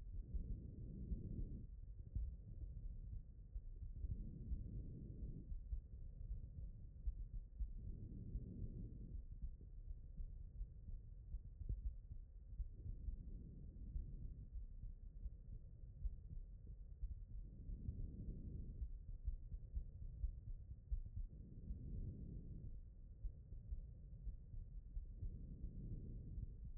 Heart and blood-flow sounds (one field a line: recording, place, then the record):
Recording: heart sounds by stethoscope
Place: pulmonary valve (PV)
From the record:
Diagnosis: non-HFrEF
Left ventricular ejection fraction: 45%